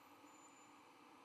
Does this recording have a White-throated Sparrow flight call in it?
no